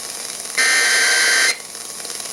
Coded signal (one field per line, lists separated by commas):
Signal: Emergency Alert System (SAME) tones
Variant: header bursts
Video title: Not much, but here ya go... EAS Tests from November, 2022 (EAS #7,834 - 7,839)